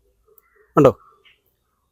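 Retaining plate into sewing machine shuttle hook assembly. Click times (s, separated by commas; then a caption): 0.4 s. A small retaining plate is fitted onto a sewing machine's shuttle hook assembly to lock the bobbin-case holder, and it seats with one sharp click at 0.4 s. Faint handling sounds surround it. Someone then talks briefly around 0.8 s as the plate stays locked in place.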